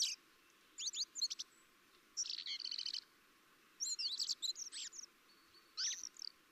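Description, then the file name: Common blackbird producing high, squeaky twitters and chattering note clusters in several quick bursts, fairly soft against a quiet background. "Turdus merula"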